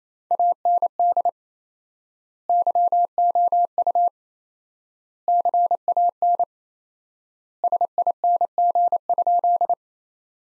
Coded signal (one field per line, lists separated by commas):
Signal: Morse code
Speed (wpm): 27 wpm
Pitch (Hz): 700 Hz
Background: none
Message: AND YOU CAN SING?